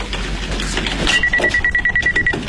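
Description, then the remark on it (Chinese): A telephone bell rings in a single burst of rapid, warbling high-pitched trills lasting about a second, following a moment of muffled background noise; no one speaks. “恰好此时电话铃响。”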